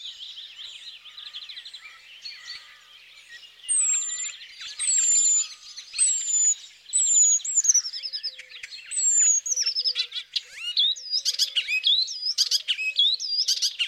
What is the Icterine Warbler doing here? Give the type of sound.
song